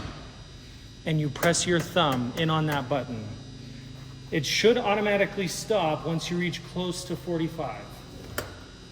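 Someone talks while handling a sliding chop saw, pressing in the release button with a thumb to swing the head toward the 45° miter angle. The clip ends before the metal detent reaches the 45° stop, so nothing has snapped or seated yet.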